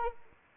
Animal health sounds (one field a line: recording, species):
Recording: mosquito wingbeat signal from an infrared sensor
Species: Anopheles arabiensis